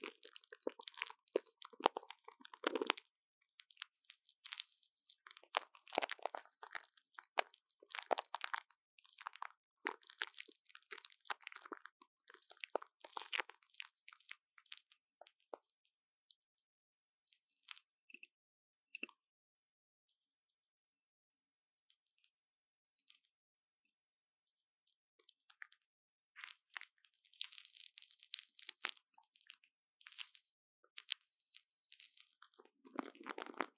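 Plastic wrap crinkles and crunches in dense, bright bursts, busiest in the first half and again near the end. A quieter stretch around the middle holds only sparse, faint rustles and small taps.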